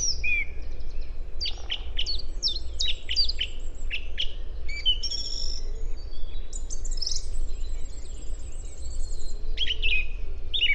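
Song thrush song of sharp chirped notes repeated several times, then buzzy and fluty phrases in turn. Low background rumble throughout.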